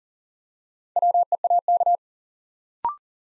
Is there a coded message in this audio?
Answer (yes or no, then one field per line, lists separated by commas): yes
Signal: Morse code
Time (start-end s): 1.0-2.0 s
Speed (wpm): 42 wpm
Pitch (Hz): 700 Hz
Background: none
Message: WEAK